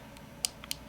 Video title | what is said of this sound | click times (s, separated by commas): [POWERUCC] PANORAMAⅡ FULL HD LCD블랙박스(SONY Exmor센서) 제품 디자인 설명 동영상 | 다시 이제 누르면 찰칵 소리 함께 | 0.5 s